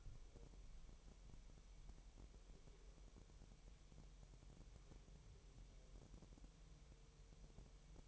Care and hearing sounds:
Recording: daily activity, microphone in the room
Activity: wipe stove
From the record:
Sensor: 1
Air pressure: 1000.9 hPa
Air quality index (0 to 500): 249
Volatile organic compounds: 148 ppm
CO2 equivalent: 4015 ppm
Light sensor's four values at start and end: 12/29/12/13 and 12/29/12/13

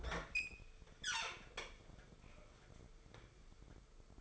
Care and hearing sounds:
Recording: daily activity, microphone in the room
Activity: open fridge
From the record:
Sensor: 5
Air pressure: 1015.1 hPa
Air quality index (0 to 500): 191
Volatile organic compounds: 8 ppm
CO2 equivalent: 2094 ppm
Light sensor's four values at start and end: 86/198/87/96 and 90/207/91/101

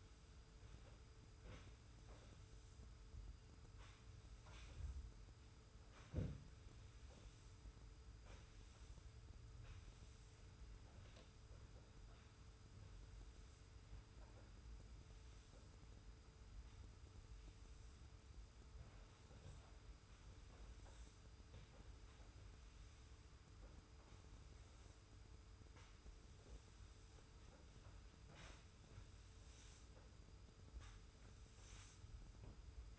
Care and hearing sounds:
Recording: daily activity, microphone in the room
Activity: sweep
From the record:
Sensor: 2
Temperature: 25.1 degrees Celsius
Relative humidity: 42.2%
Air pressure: 991.2 hPa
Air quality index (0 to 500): 147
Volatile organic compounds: 362 ppm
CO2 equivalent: 4605 ppm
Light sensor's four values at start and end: 42/118/47/45 and 42/118/47/45

